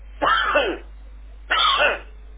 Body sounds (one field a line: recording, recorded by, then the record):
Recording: voluntary cough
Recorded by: telephone call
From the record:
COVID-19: positive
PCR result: checked with the laboratory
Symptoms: yes